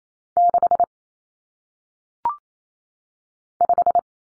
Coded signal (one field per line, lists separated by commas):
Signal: Morse code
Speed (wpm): 28 wpm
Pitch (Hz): 700 Hz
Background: none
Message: 6 5